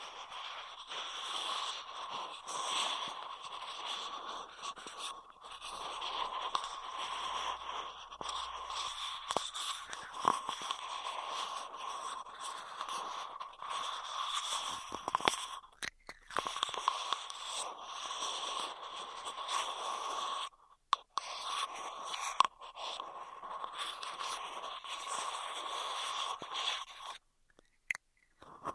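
Straw sounds fill the recording: dense, crackly scratching and crinkling with a bright hiss, running nearly continuously. Brief pauses break the texture around 15, 20 and 27 seconds, with sharper clicks and taps between longer stretches of steady rustling.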